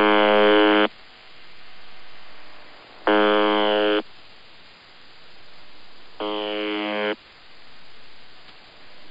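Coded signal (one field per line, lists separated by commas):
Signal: channel marker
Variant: UVB-76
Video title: UVB-76 21/12/2023 Normal Channel Marker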